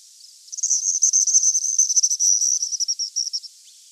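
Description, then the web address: Andean swift with one sustained burst of high-pitched, rapidly pulsed twittering, about three seconds long. "chant xeno-canto martinet des andes"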